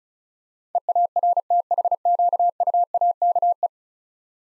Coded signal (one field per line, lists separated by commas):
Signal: Morse code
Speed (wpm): 36 wpm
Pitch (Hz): 700 Hz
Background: none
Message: EARTHQUAKE